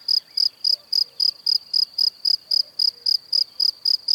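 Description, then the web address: Cricket chirping, a bright high-pitched pulse repeated evenly nearly four times per second without a break. "Kurs PTTK Przyroda Ptaki Świerszcze"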